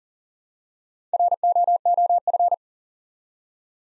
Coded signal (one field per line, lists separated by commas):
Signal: Morse code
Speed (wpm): 37 wpm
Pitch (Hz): 700 Hz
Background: none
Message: ROOF